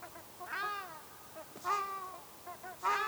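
Ruddy shelduck honking: three loud, nasal calls about one second apart, with faint soft notes between.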